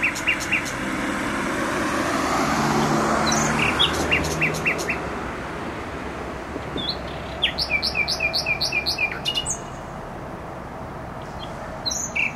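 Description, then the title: Nightingale song, varied phrases of rapid repeated notes and a burst of sharp trilled strokes in the second half, set against heavy motorway traffic rumble. Singing in bushes close to a noisy motorway, Trasa Toruńska, Bródno-Podgrodzie, Warsaw, Poland; recorded with an Olympus LS-11. "Bródno-Podgrodzie, Warszawa, Polska - Trasa Toruńska Nightingale"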